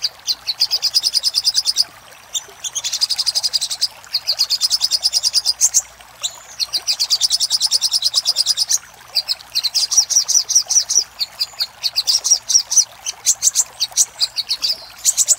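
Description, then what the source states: Little spiderhunter song: almost continuous high, rapid chipping delivered in long trills broken by brief pauses. Master recording made for training cage birds, in the labaik song style.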